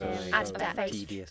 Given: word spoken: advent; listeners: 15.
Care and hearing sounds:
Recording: one English word in noise, from a listening test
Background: four-talker babble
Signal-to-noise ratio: 0.4 dB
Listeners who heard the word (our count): 0 of 15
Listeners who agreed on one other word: 6 of 15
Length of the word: 0.91 s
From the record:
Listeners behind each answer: 6, 2, 2, 2, 1, 1, 1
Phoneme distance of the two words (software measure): 27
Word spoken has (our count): 2 syllables, 6 phonemes, stress on syllable 1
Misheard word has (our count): 2 syllables, 5 phonemes, stress on syllable 2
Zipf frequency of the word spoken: 3.27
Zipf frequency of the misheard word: 2.97

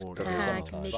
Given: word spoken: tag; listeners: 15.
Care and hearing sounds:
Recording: one English word in noise, from a listening test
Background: four-talker babble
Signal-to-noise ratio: -2.6 dB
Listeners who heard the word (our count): 5 of 15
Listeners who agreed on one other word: 9 of 15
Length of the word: 0.58 s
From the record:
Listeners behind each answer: 9, 5, 1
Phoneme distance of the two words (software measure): 10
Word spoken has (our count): 1 syllable, 3 phonemes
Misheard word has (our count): 1 syllable, 3 phonemes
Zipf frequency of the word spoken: 4.17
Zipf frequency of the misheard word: 2.85

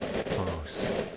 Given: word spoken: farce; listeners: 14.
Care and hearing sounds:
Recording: one English word in noise, from a listening test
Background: noise modulated by three-talker babble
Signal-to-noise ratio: -4.5 dB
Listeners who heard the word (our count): 1 of 14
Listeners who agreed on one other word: 8 of 14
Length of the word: 0.77 s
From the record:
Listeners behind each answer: 8, 2, 2, 1, 1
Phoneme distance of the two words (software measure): 10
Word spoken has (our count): 1 syllable, 3 phonemes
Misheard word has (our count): 1 syllable, 3 phonemes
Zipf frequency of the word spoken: 3.30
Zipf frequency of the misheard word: 5.14

